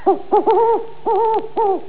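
Owl hooting: five mellow hoots in quick succession, two short ones followed by three longer ones, each falling at the end, with brief gaps between them.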